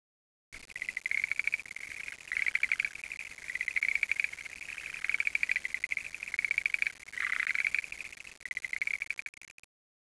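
Frog giving buzzy, pulsed, high-pitched rattling trills in bursts of about a second, with short breaks between them, continuing throughout.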